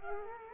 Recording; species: mosquito wingbeat signal from an infrared sensor; Culex quinquefasciatus